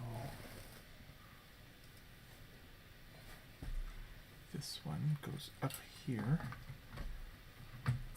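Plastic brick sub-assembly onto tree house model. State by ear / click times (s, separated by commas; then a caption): seated / 7.9 s. Someone talks while a plastic Lego sub-assembly is placed up onto a Lego Ideas Tree House (21318) model, with soft plastic handling sounds. At 7.9 s a short, sharp click is heard as the sub-assembly locks into place.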